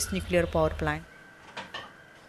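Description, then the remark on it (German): A voice talks briefly, then two soft clattering knocks follow, like a drawer or pots being handled, over a low background hum; a woman in a kitchen cooking lunch for her school-age daughter. “steht in der Küche und kocht das Mittagessen für ihre schulpflichtige Tochter.”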